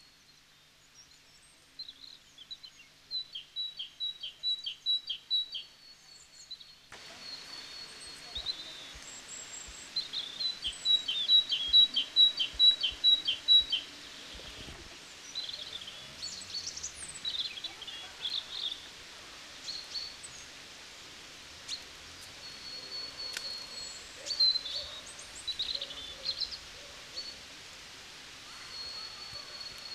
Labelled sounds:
Great Tit song

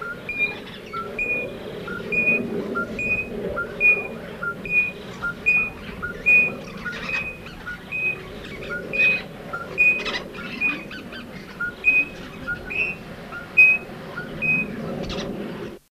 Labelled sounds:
Green Rosella call

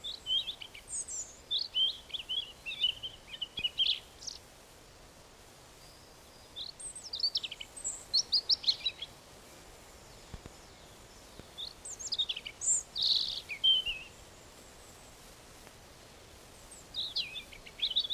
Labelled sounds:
European Robin song

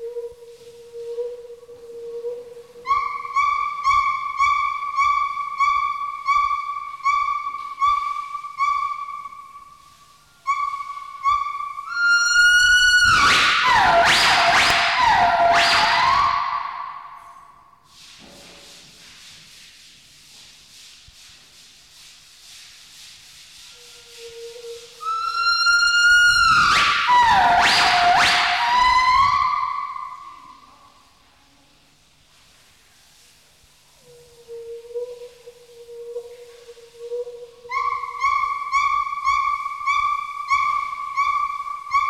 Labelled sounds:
Northern White-cheeked Gibbon

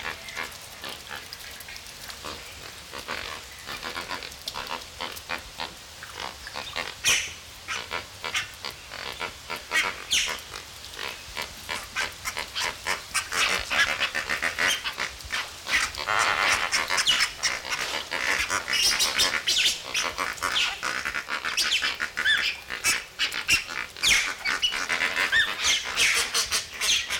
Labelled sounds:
Lesser Flamingo

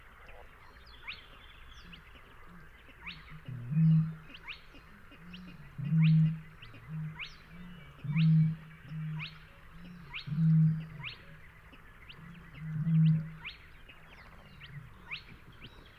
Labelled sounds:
Spotted Crake song

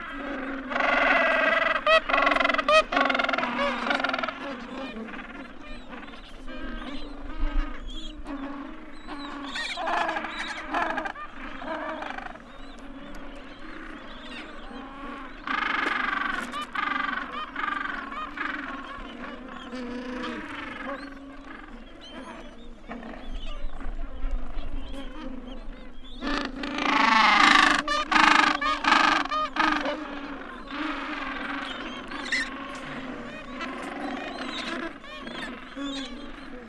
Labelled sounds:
Gentoo Penguin call

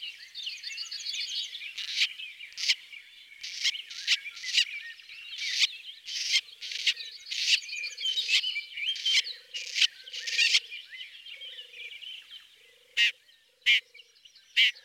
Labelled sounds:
Red-backed Shrike song

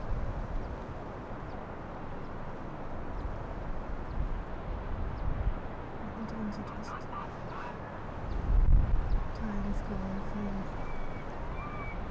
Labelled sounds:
Arctic Fox

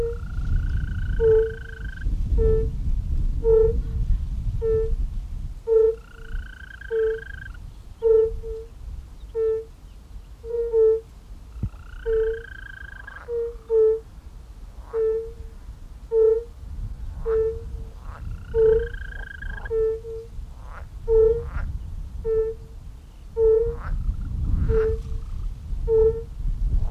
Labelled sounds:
Fire-Bellied Toad call

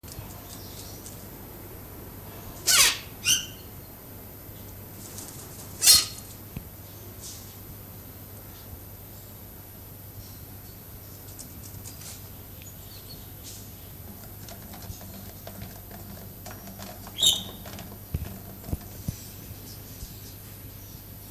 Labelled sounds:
Silvery-cheeked Hornbill call

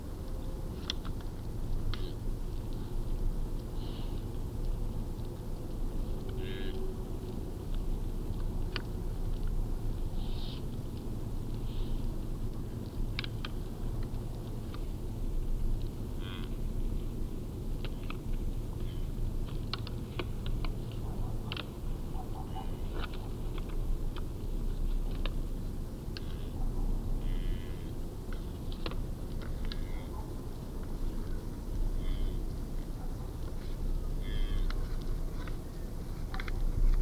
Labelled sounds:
Fallow Deer call

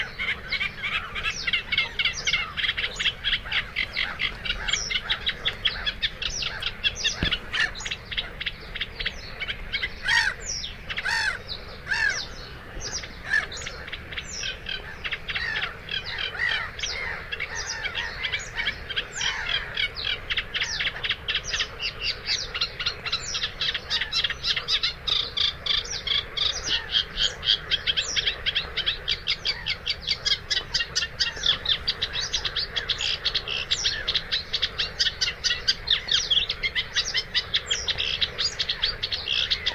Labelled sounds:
Eurasian Reed Warbler song

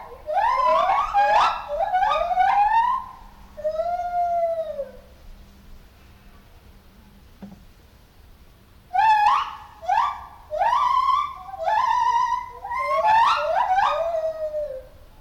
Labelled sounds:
Lar Gibbon call

